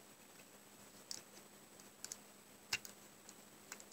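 A power truck is worked free from the plastic chassis of a Bachmann F9 model locomotive with an early pancake motor, after its brushes have been removed. Small faint ticks sound around 1.1, 2.0, 2.1 and 3.7 seconds, and the loudest sharp click comes at 2.7 seconds. With that click the truck releases so it can now drop out.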